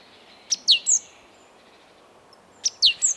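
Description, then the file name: Great tit giving two matching groups of three sharp, high descending notes, separated by a short quiet pause. "Parus major"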